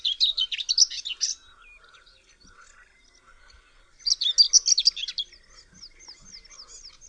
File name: POKLASKWA